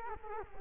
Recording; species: mosquito wingbeat signal from an infrared sensor; Culex quinquefasciatus